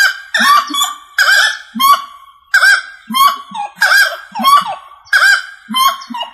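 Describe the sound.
Rail calling, repeated loud hoarse honking phrases in a series of bursts.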